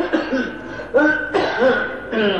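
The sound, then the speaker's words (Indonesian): A man coughs in a series of rough, throaty bursts, four or five in a row with short gaps, fairly loud and harsh with a raspy vocal edge. “Nah itu sudah batuk-batuk.”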